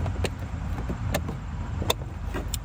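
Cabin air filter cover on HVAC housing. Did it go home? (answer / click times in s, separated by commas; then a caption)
yes / 1.9 s, 2.5 s. The plastic cabin air filter access cover on a 2013–2017 Honda Accord is clipped back onto the HVAC housing behind the glove box. Several light plastic clicks are heard, and the cover snaps into place with sharp clicks at 1.9 s and 2.5 s, leaving it seated.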